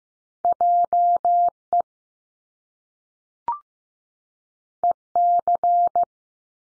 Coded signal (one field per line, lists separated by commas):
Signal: Morse code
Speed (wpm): 15 wpm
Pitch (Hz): 700 Hz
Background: none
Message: J E E C